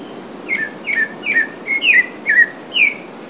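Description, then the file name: Pale-breasted thrush song of seven quick, slightly slurred whistled phrases, most dropping in pitch, repeated roughly every half second, with a continuous high cricket drone behind. Golf course at Comandatuba, Bahia, Brazil; 30 January 2013. "Turdus-leucomelas-golfe-IComandatuba BA-BR-30-1-13-ASilveira"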